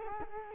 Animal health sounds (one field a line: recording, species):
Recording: mosquito wingbeat signal from an infrared sensor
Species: Culex quinquefasciatus